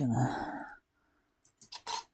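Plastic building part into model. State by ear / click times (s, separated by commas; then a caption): not seated / none. A plastic building part is handled against a 2023 Lego UCS X-Wing 75355 model while someone talks briefly at the start. After a short quiet gap, faint handling noises and short breathy bursts follow from about 1.4 seconds to the end. Nothing has seated or clicked yet.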